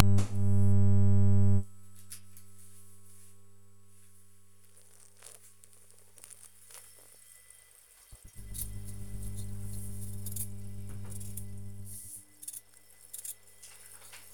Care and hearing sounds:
household activities, microphone on the right wrist
7.41-14.34 s: cutting vegetables

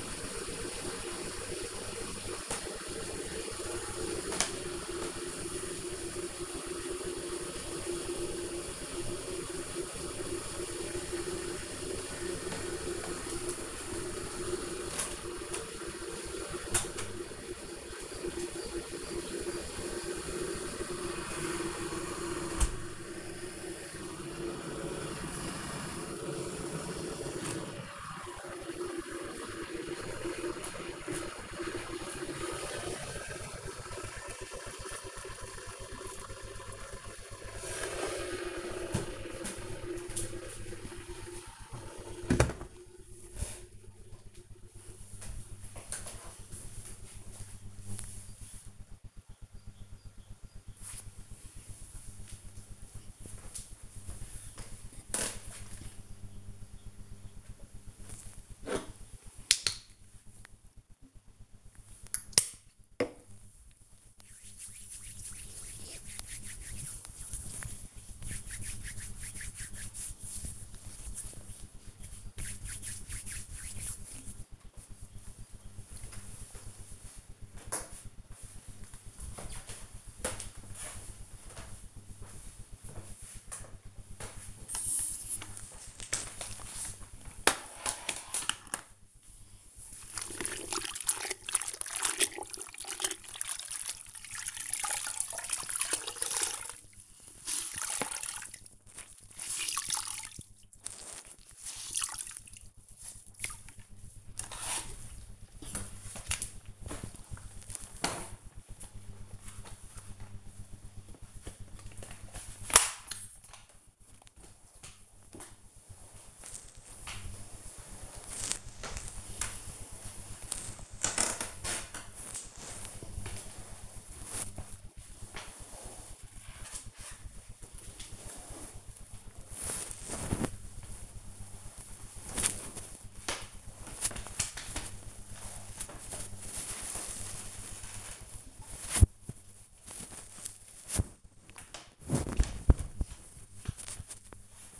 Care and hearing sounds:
household activities, microphone on the right wrist
0.00-43.59 s: making tea
56.67-73.77 s: disinfecting hands
83.80-144.80 s: floor cleaning

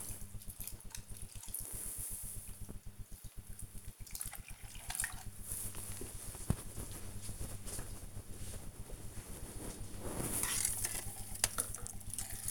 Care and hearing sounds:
household activities, microphone on the right wrist
0.00-12.51 s: watering plant

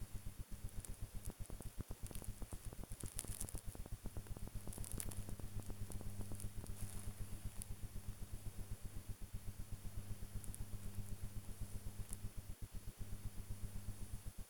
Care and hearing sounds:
household activities, microphone on the right wrist
0.00-14.50 s: working on the computer

